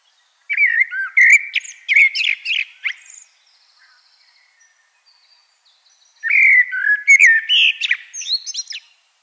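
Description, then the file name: Common blackbird song: two mellow warbled phrases laced with thin high squeaks, about three seconds apart. "Turdus merula"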